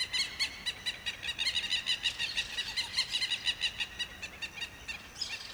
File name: Quero queros e outros passaros no campo de manha